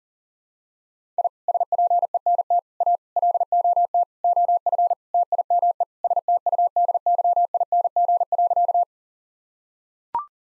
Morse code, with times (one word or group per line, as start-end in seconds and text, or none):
1.2-1.3 I
1.5-2.6 SPENT
2.8-3.0 A
3.2-4.0 LOT
4.2-4.9 OF
5.1-5.8 TIME
6.0-8.8 STUDYING.